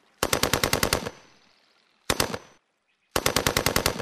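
Three short bursts of automatic gunfire fired in the morning from dense thickets at the foot of a hill at people in a boat, each a rapid, even string of loud sharp shots; the middle burst is briefest, and a fading rumble trails after the first.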